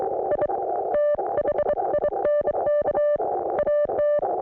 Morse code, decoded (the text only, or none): I THINK AT